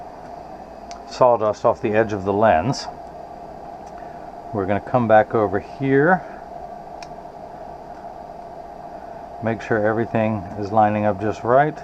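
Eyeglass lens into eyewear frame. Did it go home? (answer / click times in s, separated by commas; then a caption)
no / none. A freshly cut Rx Transitions eyeglass lens is brought back to a steampunk eyewear frame and lined up by hand before being pressed in. Someone talks over a steady background hum, with brief faint ticks at about 0.9 s and 7.0 s. The lens has not yet snapped or seated into the frame.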